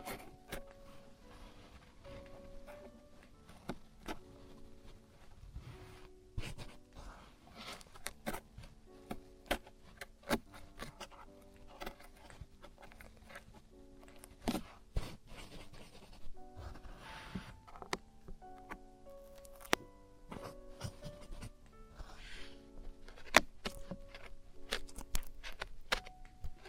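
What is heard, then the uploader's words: Traditional Chinese ear cleaning, heard as a run of short scraping, tapping and clicking sounds that come irregularly every second or so, some sharp and bright. Beneath them sits a steady low murmur with faint tonal lines, likely voices or background music. ASMR Traditional Chinese Ear Cleaning and Earwax Removal (No Talking).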